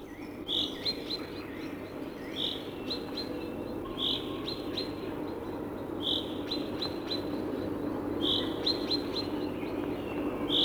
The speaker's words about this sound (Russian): Так грустно начинает зяблик рюмить обычно перед дождем.